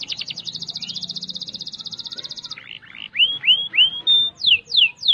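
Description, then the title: Canary singing a fast buzzy trill lasting over two seconds, followed by a series of louder, slower whistled notes sweeping up and down. "Kenari"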